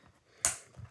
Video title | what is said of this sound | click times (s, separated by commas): Build The Shelby Mustang GT500 Issue 2 | and then it should click into place | 0.4 s